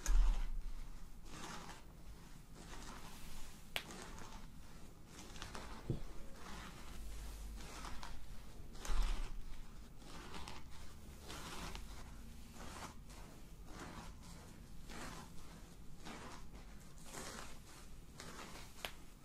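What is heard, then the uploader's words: Layered massage sounds of rubbing and scratching over face, neck and scalp, with crisp, brushy strokes repeating about twice a second throughout. Small clicks and creaks sit among the strokes, over a faint low hum, with slightly louder touches near the start and around nine seconds. ASMR Tingle Spa Face, Neck & Scalp Massage (Layered Sounds).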